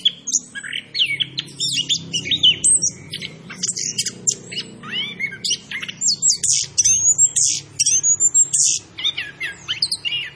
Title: Anis Kembang Gacor. Suara Anis Kembang Macan B2